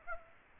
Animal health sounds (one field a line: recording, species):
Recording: mosquito wingbeat signal from an infrared sensor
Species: Aedes aegypti